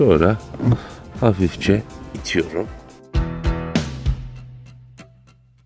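Someone talks over background music while the first ISOFIX connector arm of a Britax Römer Advansafix 2 child car seat is pushed gently toward the car's metal ISOFIX anchor, with a brief sharp sound at about 3.8 s. The connector is being handled and is not yet home; nothing has seated or clicked yet.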